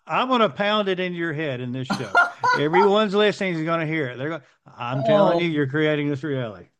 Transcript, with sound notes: I'm gonna pound it into your head in this show.
(laughs)
Everyone who's listening is gonna hear it. They're go, I'm telling you-
Oh.
... you're creating this reality.